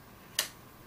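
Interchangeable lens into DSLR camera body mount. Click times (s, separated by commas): 0.4 s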